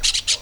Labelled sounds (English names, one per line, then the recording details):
Brown-throated Parakeet contact call
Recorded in Venezuela
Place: Cerro Saroche, Hato Dalmatela, Edo. Lara
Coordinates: 10.149, -69.534